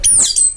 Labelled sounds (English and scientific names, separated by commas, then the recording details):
Stitchbird (Notiomystis cincta) song
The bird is a male
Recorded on Tiritiri Matangi Island, New Zealand, in 2005
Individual 22, of nest box 31